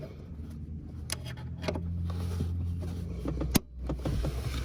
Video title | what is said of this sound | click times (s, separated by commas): How to 981 Porsche Boxster engine access detailed | it snaps right in | 3.6 s